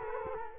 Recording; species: mosquito wingbeat signal from an infrared sensor; Culex quinquefasciatus